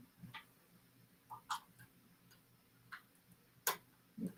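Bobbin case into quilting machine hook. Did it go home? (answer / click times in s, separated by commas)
yes / 3.7 s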